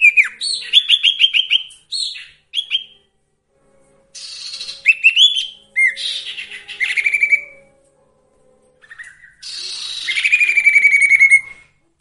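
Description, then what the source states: Sirtu song: bursts of high, varied notes, descending trills and sweeping whistled phrases broken by short pauses. Training song for songbirds featuring the full variety of sirtu song phrases.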